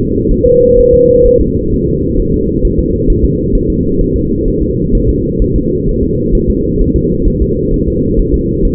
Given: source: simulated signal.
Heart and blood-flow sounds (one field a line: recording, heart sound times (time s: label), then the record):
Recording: fetal heart sounds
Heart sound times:
0.31 s: S1
0.46 s: S2
0.79 s: S1
0.94 s: S2
1.27 s: S1
1.41 s: S2
1.74 s: S1
1.88 s: S2
2.19 s: S1
2.34 s: S2
2.65 s: S1
2.79 s: S2
3.10 s: S1
3.25 s: S2
3.55 s: S1
3.70 s: S2
4.01 s: S1
4.16 s: S2
4.48 s: S1
4.62 s: S2
4.95 s: S1
5.09 s: S2
5.42 s: S1
5.56 s: S2
5.88 s: S1
6.03 s: S2
6.35 s: S1
6.50 s: S2
6.81 s: S1
6.96 s: S2
7.28 s: S1
7.42 s: S2
7.74 s: S1
7.88 s: S2
8.19 s: S1
8.34 s: S2
8.65 s: S1
From the record:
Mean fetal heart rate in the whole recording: 130 bpm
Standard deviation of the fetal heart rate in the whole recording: 4 bpm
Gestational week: 38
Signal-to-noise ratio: -10.2 dB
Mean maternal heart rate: 72 bpm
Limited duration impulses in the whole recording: present